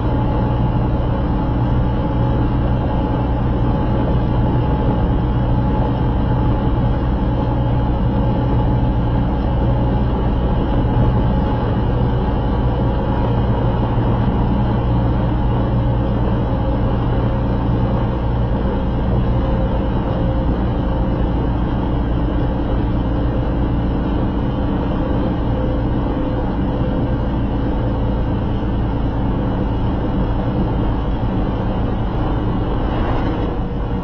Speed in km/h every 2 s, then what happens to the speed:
105, 105, 105, 103, 103, 103, 103, 101, 101, 100, 100, 98, 97, 97, 95, 93, 90.
0-17 steady at about 103. 17-34 slows to 90.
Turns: none.